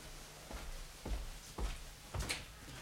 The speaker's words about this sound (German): Ich muss die Tür aufmachen.